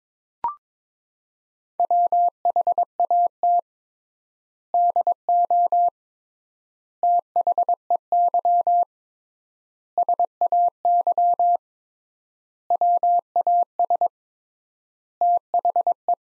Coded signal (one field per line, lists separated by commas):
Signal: Morse code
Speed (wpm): 22 wpm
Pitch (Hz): 700 Hz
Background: none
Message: WHAT DO THEY SAY WAS THE